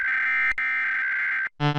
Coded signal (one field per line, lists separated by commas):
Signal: Emergency Alert System (SAME) tones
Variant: header bursts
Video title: (Christmas Special) (My First YTP Short) The National 2023 EAS Test Goes... Meh...